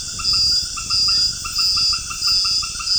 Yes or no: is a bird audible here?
no